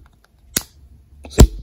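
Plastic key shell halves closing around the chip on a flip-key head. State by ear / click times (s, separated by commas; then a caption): seated / 1.4 s. The two plastic halves of a universal flip-key shell are pressed together over the chip on a flip-key head. A sharp tick comes at about 0.6 s, then a louder, fuller snap at 1.4 s as the halves click shut. The shell is seated and closed around the chip.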